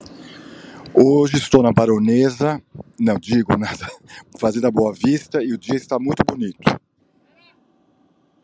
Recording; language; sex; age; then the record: short text; Brazilian Portuguese; male; 60 to 69 years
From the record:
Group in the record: control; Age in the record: 65 years